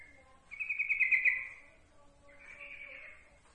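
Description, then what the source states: Yellow-vented bulbul song: a bright pulsed phrase followed by a softer, hoarser one. Song used as training material for other birds.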